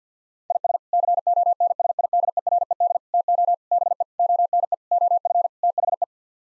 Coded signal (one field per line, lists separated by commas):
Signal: Morse code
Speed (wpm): 50 wpm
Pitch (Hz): 700 Hz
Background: none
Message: IS CONSIDERED TO BE ONE OF THE